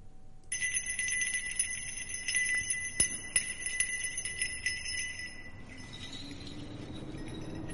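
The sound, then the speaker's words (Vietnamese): A small hand bell, rung by a woman sitting cross-legged with eyes closed during a ritual ceremony in front of a chicken coop, rings continuously in a bright, rapid jangle, its high metallic tones shimmering steadily for several seconds before thinning out toward the end. “Thím căn dặn một lượt rồi bắt đầu nhắm nghiền mắt rung chuông. Tiếng chuông leng ca leng keng vang lên.”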